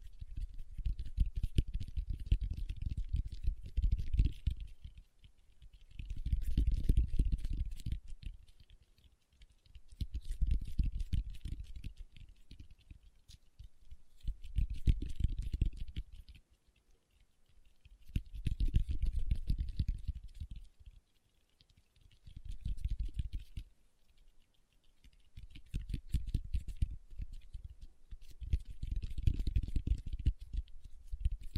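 Fingertips tap in quick, pattering bursts that rise and fall in waves, each run lasting two to four seconds with brief pauses between. The taps are dense and soft, thudding low with a light clicking top, much like rapid typing on a keyboard.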